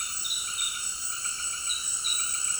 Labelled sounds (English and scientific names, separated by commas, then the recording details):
none
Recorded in secondary vegetation near Puerto Asís, Putumayo, Colombia, on 20 February 2024 at 18:30
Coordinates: 0.472, -76.331
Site G6371